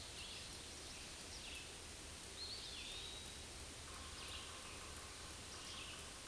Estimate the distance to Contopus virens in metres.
about 75 m